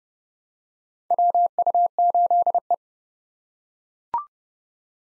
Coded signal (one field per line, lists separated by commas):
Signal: Morse code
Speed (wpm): 30 wpm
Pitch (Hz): 700 Hz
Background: none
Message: WU8E